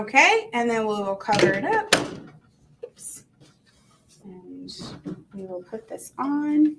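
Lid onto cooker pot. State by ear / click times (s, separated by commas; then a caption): not seated / none. While cooking boba, someone talks as a lid is handled onto a cooker pot, with a brief knock near 2.8 s. The lid has not clicked shut or seated yet when the clip ends.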